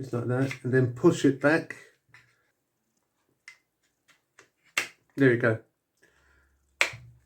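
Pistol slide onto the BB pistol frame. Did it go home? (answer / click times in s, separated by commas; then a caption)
yes / 6.8 s. Someone talks while pushing the slide of an Umarex Glock 19 non-blowback BB pistol back onto its frame during reassembly after inner-barrel cleaning, with a few faint handling ticks along the way. A sharp click at 6.8 s marks the slide seating back into place.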